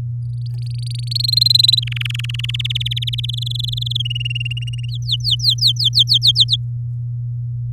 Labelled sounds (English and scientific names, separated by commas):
Domestic Canary (Serinus canaria) song